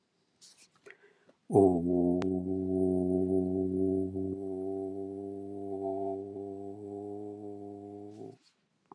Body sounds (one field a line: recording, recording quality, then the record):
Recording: sustained vowel as in boot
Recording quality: excellent, no background noise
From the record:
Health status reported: healthy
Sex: male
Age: 50 years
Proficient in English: yes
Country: United States